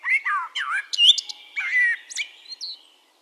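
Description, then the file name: Eurasian blackbird sounding a run of warbled, swooping whistles and squeaky high chirps in quick succession, then tapering off. "Turdus merula"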